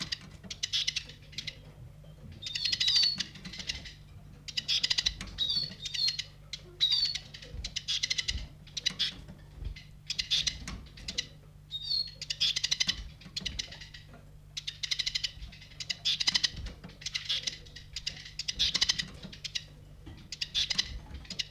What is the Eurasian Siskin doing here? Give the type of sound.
call